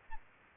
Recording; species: mosquito wingbeat signal from an infrared sensor; Aedes albopictus